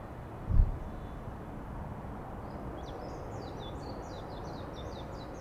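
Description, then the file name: Bird song, a brief low thump early, then a fast series of high, down-slurred chirps in the second half, over a soft rumbling background. Birds singing in a forest. "freesound singing birds in the forest"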